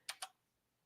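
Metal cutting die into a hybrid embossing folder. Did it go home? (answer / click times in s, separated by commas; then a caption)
yes / 0.1 s. A thin metal cutting die is slid into its slot in a plastic hybrid embossing folder and clicks as it locks into place at 0.1 s. A second, softer tick follows at about 0.2 s, then the clip is quiet, with the die seated in the folder.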